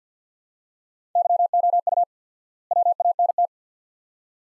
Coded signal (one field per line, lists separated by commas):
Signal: Morse code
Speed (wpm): 47 wpm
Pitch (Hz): 700 Hz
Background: none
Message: YOU WANT